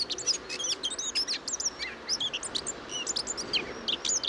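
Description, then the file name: Eurasian blackcap warbling: rapid chattering and slurred whistled notes tumbling over one another in an unbroken stream. "Sylvia atricapilla"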